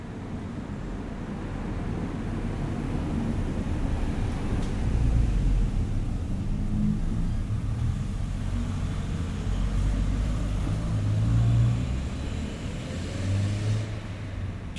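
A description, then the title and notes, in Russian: A road near a town, heard as a steady low rumble of passing traffic that swells gently between about five and twelve seconds. The sound is dense and deep, with faint hiss above and a couple of brief clicks. Дорога Возле Кирова.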